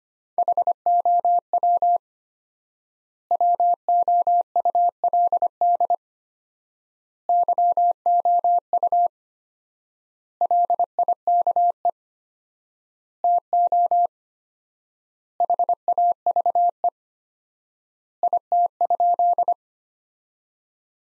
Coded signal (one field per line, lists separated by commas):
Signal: Morse code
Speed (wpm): 25 wpm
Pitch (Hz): 700 Hz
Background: none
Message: HOW WOULD YOU LIKE TO HAVE IT?